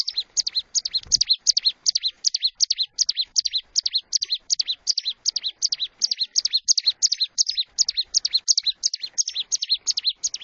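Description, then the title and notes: Bar-winged prinia song: a steady run of sharp, high chipping notes in quick succession, continuing without a break throughout. Collection of bar-winged prinia sounds, including birds in full, active song (gacor) and young birds (anakan). "Kicau Ciblek new - putri sherin. kumpulan suara burung ciblek gacor dan anakan"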